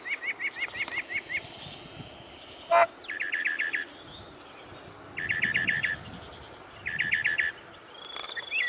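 Bird song of quick, even runs of several sharp chirps, repeated after short pauses, with one loud click and a background hiss.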